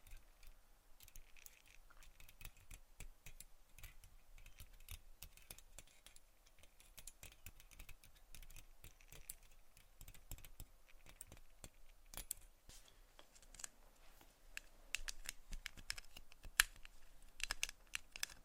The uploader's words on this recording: ASMR Tapping and Scratching for Sleep (No Talking).